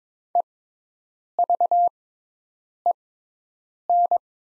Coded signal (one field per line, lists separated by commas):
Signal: Morse code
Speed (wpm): 22 wpm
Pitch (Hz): 700 Hz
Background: none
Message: EVEN